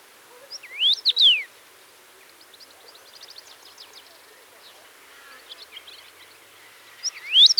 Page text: Common Rosefinch Song Quick Sounds